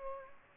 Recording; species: mosquito wingbeat signal from an infrared sensor; Culex pipiens